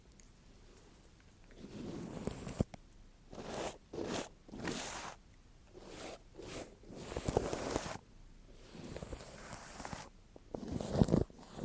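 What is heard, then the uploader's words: Scratchy rubbing and brushing sounds right against a microphone, coming in short bursts about every second with brief quiet gaps between. The strokes are bright and hissy, with soft low thumps, a sharp tap near the third second, and crisp snips toward the end. ASMR Mic Triggers (Haircut & Scalp Check With Treatment On The Mic) No Talking.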